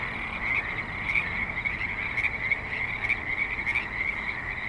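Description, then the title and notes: Many frogs croaking together in a steady, buzzy trill, punctuated by a few louder pulses. Frogs at a creek in Spanish Springs, Nevada, USA, in a suburban setting with light traffic and other suburban sounds. "Frogs in Spanish Springs, NV - creek view. Frogs with light traffic and other suburban sounds"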